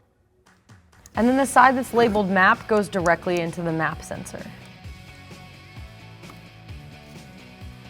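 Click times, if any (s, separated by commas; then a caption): none. A plastic wiring harness connector labeled MAP, from an aFe Scorcher GT power module on a 2011-2020 Dodge Challenger 3.6L, is being handled toward the engine's MAP sensor while someone talks over background music. Nothing has seated or clicked yet.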